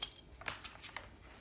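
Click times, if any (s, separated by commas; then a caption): none. The reversible seat of a Baobaohao V5 stroller is handled on its frame, with the rotation button pressed to turn the seat toward the pusher. Short, sharp plastic taps and knocks sound around 0.0, 0.2, 0.5 and 1.0 seconds over a quiet background. Nothing has seated or clicked into the rotation lock yet.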